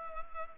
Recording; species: mosquito wingbeat signal from an infrared sensor; Culex pipiens